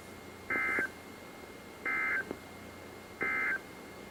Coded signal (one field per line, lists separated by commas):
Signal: Emergency Alert System (SAME) tones